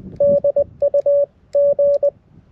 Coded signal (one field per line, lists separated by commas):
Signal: Morse code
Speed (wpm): 20 wpm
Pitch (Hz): 560 Hz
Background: none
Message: DUG